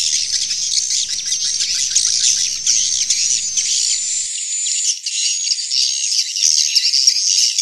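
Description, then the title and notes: Swiftlet twittering calls, a dense band of high overlapping chirps and trills running without pause, with a brief dip near the middle. Swiftlet sound used in swiftlet farming in Asia. "Swiflet Bird Sound. Farming Swiflet Bird asia sound"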